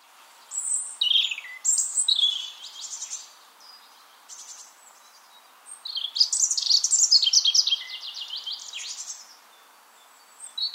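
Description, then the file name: European robin singing high, liquid, varied phrases; a sparkling run of rapid trilled notes in the middle, then a pause and a brief closing note. "Erithacus rubecula"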